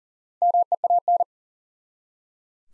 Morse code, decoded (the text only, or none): MEAN